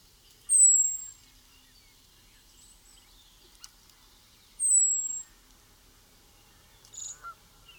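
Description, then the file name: European robin giving two high, thin falling whistles four seconds apart, with a sharp click and brief chips from other small sounds. "Erithacus rubecula"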